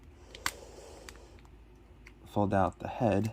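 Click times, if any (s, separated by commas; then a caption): 0.5 s. A plastic limb section of a Transformers Generations War for Cybertron Trilogy Kingdom Leader Class Maximal T-Wrecks transforming dinosaur robot figure is brought forward and pressed into the figure's body. It locks into place with a sharp plastic click at 0.5 s, among fainter small clicks. Someone then talks.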